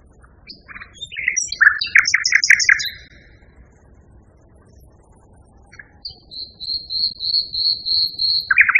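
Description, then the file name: Common nightingale delivering a varied chirping, rattling phrase, then after a pause a long run of thin, high repeated whistles before another loud phrase begins. Song, variation 3. "kicauan-nightingale-b-variasi 3-omkicau"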